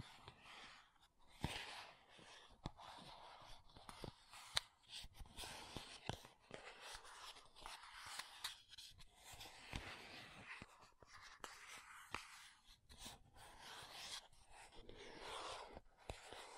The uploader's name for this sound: MAKEUP TAPPING & SCRATCHING